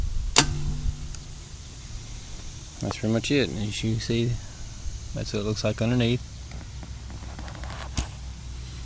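A small release button is pressed on an extended leg of a spring-loaded metal rifle bipod, and the leg snaps back into its housing with a sharp metallic snap at 0.4 s. Someone then talks, and a few faint clicks follow, ending with a sharper click near 8.0 s.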